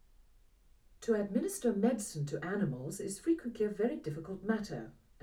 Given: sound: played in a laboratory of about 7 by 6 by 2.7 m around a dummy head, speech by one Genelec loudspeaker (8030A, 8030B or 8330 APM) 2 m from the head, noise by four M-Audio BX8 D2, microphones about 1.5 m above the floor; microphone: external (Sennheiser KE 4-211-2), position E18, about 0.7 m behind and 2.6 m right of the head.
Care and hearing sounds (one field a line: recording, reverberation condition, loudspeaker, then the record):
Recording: female speech in English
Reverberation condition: low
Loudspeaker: 60 degrees to the left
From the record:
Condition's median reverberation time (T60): about 310 ms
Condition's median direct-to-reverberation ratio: about 3.5 dB